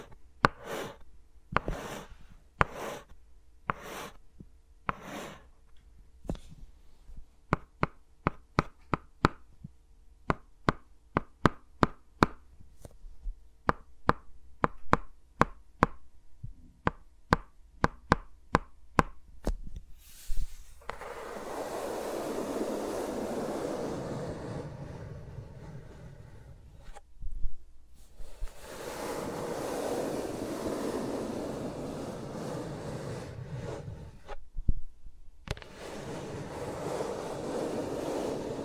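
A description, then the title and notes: ASMR finger sounds on microphones with no talking. The first twenty seconds are crisp taps and clicks in quick bursts, some rapid, some spaced out. Then dense, rushing rubbing and brushing takes over, broken by brief pauses near 27 and 35 seconds. ASMR with Mics Around My Fingers (No Talking).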